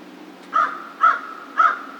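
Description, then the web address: American crow giving three evenly spaced harsh caws, roughly half a second apart. Recorded 2 March 2010. "Crow 2010 03 02 American Crow 03"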